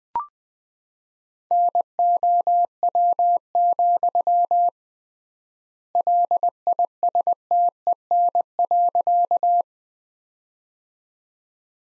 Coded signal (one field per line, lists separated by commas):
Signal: Morse code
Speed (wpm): 20 wpm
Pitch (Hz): 700 Hz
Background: none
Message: NOW, LISTEN.